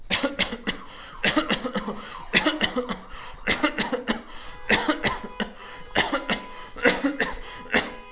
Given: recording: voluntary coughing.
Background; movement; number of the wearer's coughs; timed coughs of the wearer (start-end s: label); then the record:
traffic; walking; 20
0.09-0.32 s: cough
0.38-0.59 s: cough
0.66-0.80 s: cough
1.21-1.47 s: cough
1.47-1.73 s: cough
1.73-1.95 s: cough
2.32-2.58 s: cough
2.58-2.88 s: cough
2.88-3.00 s: cough
3.45-3.75 s: cough
3.75-4.07 s: cough
4.07-4.27 s: cough
4.67-5.01 s: cough
5.01-5.37 s: cough
5.37-5.59 s: cough
5.93-6.27 s: cough
6.27-6.49 s: cough
6.82-7.16 s: cough
7.17-7.40 s: cough
7.70-7.95 s: cough
From the record:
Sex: male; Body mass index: 22.0 kg/m2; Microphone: on the chest, facing outward